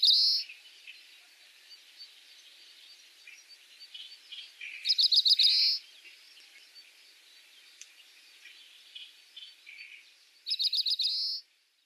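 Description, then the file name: Oriental Greenfinch calls, a loud rapid buzzy trill repeated three times with softer chirps and twitters between, background hiss of outdoor ambience. Recorded in Saitama, Japan, on 6 June 2021. "kawarahiwa 210606 saitama oi"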